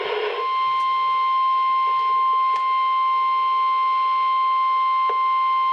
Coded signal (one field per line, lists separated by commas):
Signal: Emergency Alert System (SAME) tones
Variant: 1050 Hz attention tone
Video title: Required Weekly Test FAILS! (EAS #1,094-1,095) 2/28/18